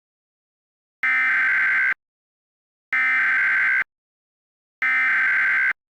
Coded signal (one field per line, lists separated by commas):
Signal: Emergency Alert System (SAME) tones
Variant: header bursts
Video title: EAS Scenario - Clifford the Big Red Dog